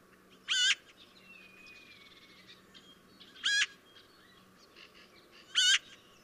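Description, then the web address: Eurasian magpie making harsh, nasal, rasping notes, three spaced calls about every two to three seconds, with faint thin whistles from other birds between them. "chant xeno-canto pie bavarde"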